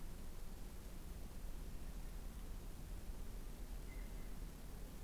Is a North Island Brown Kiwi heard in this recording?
no